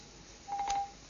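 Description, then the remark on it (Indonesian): A single short electronic telephone tone of an incoming call from a caller in Lampung sounds, a steady mid-pitched beep lasting about a third of a second over a faint hiss, with no voices. “Baik, ada telepon?”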